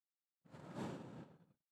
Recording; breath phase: one breath near a microphone; exhalation